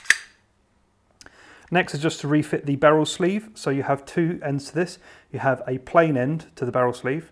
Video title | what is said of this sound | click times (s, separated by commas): Walther Colt 1911 Gold Cup Dissasembly | push it down whilst holding the slide with the other hand and rotate the barrel bushing around until that snaps into place | 0.1 s